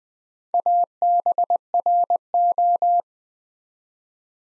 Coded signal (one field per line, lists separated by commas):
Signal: Morse code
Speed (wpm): 20 wpm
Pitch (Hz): 700 Hz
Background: none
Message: ABRO